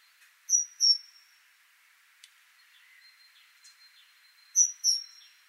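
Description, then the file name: Great tit calls in high, clipped pairs at start and end, with a brief click and scattered soft chirps in the quiet gap. "Parus major"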